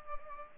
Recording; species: mosquito wingbeat signal from an infrared sensor; Culex pipiens